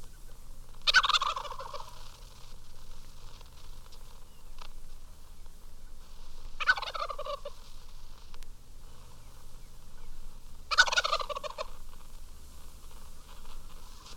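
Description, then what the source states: Wild turkey gobbling, three rapid rattling gobbles falling in pitch, spaced a few seconds apart over a faint steady hum. One of a flock in the Aransas Wildlife Refuge, Texas; wild turkey gobbling is no longer heard north of Pennsylvania but still occurs in favored places from Georgia to Arizona.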